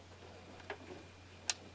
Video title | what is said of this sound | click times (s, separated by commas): I Just Bought This 1986 Chevy C30… Time for Some Maintenance | nice click out of that one | 1.5 s